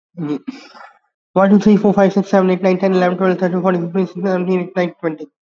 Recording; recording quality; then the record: counting at a fast pace; excellent, no background noise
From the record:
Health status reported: COVID-19 positive, mild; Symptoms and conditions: sore throat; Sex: male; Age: 28 years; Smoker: not ticked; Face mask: not worn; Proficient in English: yes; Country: India